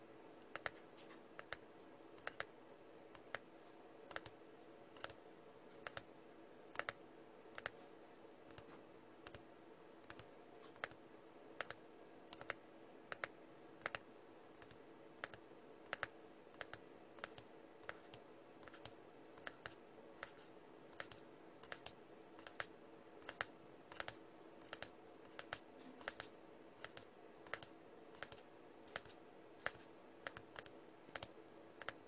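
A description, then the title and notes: Tapping sounds, crisp and bright, arrive in a steady stream for the whole half minute, roughly two or three taps per second. The taps are sharp and clicky, like fingers on a keyboard, over a soft, constant hum that stays in the background. Tapping ASMR sounds.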